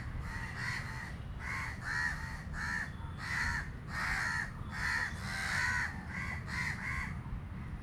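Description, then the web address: Crow giving a long series of harsh caws over a steady low background rumble. Street recording made in South India in 2018. "travelogue 2018 South India street recordings birds. crows"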